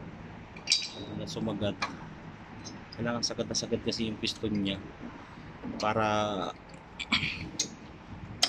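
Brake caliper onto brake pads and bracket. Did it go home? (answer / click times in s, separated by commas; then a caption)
yes / 7.6 s, 8.4 s. On a 2021 Renault Symbol's front brake, the caliper, its piston pushed fully back, is pushed home over the new brake pads and bracket while someone talks, with music in between. Sharp clicks at 7.6 s and 8.4 s mark the caliper seating into place.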